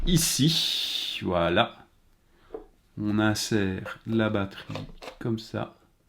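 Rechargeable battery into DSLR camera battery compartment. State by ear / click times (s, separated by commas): not seated / none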